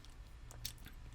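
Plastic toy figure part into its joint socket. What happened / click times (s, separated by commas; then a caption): A small plastic part snapped into its socket / 0.7 s. A plastic piece of a Transformers Legacy Deluxe Class Arcee action figure is re-seated into its joint socket during transformation after a fumble. Faint plastic ticks and handling sounds come and go, and the strongest snap at 0.7 s is the part popping into place. The piece is seated.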